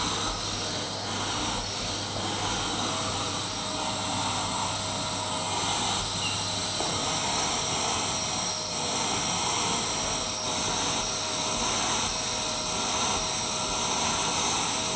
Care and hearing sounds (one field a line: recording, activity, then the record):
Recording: daily activity, microphone in the room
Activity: vacuum cleaning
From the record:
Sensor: 3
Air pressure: 999.2 hPa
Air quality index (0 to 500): 203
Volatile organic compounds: 50 ppm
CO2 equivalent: 3301 ppm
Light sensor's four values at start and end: 7/15/6/6 and 7/17/7/6